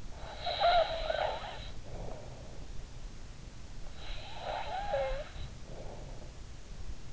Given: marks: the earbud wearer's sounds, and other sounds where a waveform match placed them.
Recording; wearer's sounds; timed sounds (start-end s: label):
sounds in sleep by an in-ear microphone; snoring breath
0.15-2.54 s: snoring breath
3.98-6.33 s: snoring breath